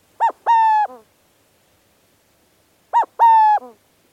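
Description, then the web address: Burrowing Owl calls: a short note followed by a longer, level cooing hoot with a soft trailing drop, given twice about three seconds apart in silence. "burrowing owls howdy birds"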